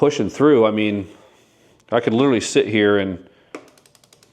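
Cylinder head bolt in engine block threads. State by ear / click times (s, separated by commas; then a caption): stripped / 3.5 s, 3.8 s, 3.9 s, 4.1 s, 4.2 s. Someone talks, then a ratchet is turned on a cylinder head bolt in the engine block threads under the aluminum head of a Small Block Chevy 350 V8 being rebuilt. The ratchet clicks at 3.6, 3.8, 3.9, 4.0, 4.1 and 4.2 seconds while the bolt spins without taking torque. The bolt is stripped, having let go at about 53 on the third increment toward 65.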